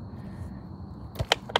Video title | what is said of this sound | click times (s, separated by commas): OKAI NEON Electric Scooter 25 Miles Range and 15 5 MPH Colorful Ambient Lights Review, amazing, | all the way down it's going to snap listen for the snap you | 1.3 s